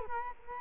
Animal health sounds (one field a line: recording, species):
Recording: mosquito wingbeat signal from an infrared sensor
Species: Culex quinquefasciatus